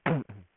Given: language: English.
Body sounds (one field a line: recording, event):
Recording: throat vibration sensor signal played as sound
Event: throat clearing